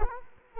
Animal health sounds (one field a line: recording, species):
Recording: mosquito wingbeat signal from an infrared sensor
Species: Culex quinquefasciatus